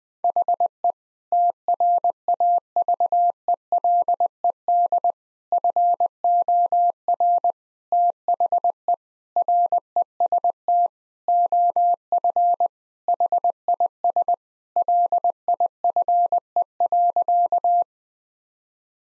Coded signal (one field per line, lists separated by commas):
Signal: Morse code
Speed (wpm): 21 wpm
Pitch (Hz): 700 Hz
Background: none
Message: HE TRAVELED FOR THE REST OF HIS LIFE.